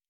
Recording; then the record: hydrophone in a shrimp aquaculture tank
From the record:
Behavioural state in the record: normal